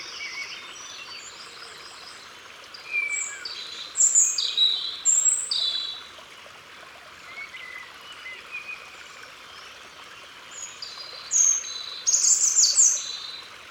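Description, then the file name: European robin song: thin, high, tumbling phrases of sweet whistles and trills, two bursts separated by several seconds of quiet, over a soft steady rushing background. Recorded in Ardèche. "Rougegorge Familier Concerts Naturels De l Ardeche"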